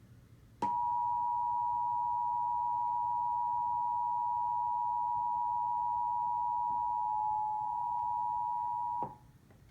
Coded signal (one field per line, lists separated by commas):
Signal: Emergency Alert System (SAME) tones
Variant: 853 and 960 Hz attention tone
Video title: Emergency Alert System (EAS)) Monthly Test (3/1/16)